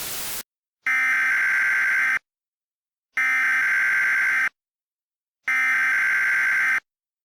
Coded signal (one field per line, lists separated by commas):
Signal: Emergency Alert System (SAME) tones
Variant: header bursts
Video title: EAS Mock 11: Powder